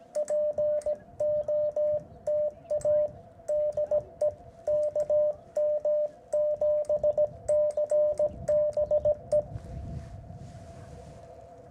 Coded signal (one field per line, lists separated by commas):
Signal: Morse code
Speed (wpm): 17 wpm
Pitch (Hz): 600 Hz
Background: radio noise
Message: POTA DE KM7CBE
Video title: A Quick POTA Activation @ Kartchner Caverns State Park, AZ